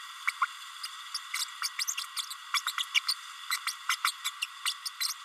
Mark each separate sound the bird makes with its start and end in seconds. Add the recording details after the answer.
0.27-0.32, 0.41-0.45, 0.83-0.88, 1.14-1.18, 1.33-1.44, 1.62-1.69, 1.79-1.85, 1.87-1.95, 2.16-2.22, 2.30-2.35, 2.53-2.60, 2.66-2.72, 2.78-2.83, 2.94-2.99, 3.08-3.15, 3.50-3.57, 3.66-3.72, 3.89-3.96, 4.04-4.12, 4.24-4.30, 4.41-4.46, 4.65-4.74, 4.85-4.89, 5.00-5.13. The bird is a male. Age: 31 days. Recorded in a nest box in Venezuela. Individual 17B32A6